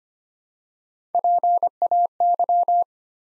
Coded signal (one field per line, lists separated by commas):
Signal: Morse code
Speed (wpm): 25 wpm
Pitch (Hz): 700 Hz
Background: none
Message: PAY